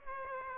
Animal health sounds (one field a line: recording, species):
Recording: mosquito wingbeat signal from an infrared sensor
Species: Aedes aegypti